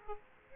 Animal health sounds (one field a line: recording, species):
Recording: mosquito wingbeat signal from an infrared sensor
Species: Aedes aegypti